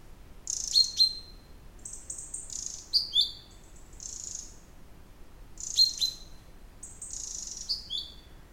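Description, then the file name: Common chaffinch calls: short high bright notes with sharp downward-sliding tails, given in several clusters throughout, over faint steady background hiss. "Fringilla coelebs"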